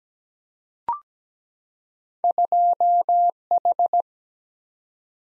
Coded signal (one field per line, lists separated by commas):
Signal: Morse code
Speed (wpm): 17 wpm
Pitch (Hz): 700 Hz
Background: none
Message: 2H